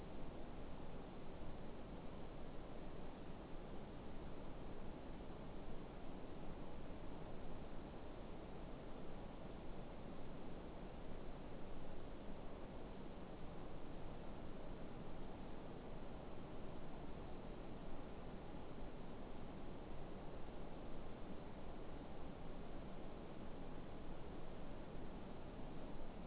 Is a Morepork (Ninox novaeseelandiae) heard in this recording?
no